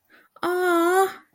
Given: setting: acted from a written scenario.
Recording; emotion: vocal sound without words; adoration